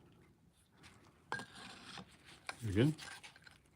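An oil filter element with a freshly lubed O-ring is handled and pushed toward its filter housing cap, with a few sharp handling knocks around 1.3 s and 2.5 s while someone talks briefly. Nothing has seated or clicked yet.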